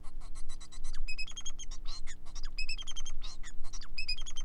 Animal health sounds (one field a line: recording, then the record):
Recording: song of a male Bengalese finch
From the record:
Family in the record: son of father 4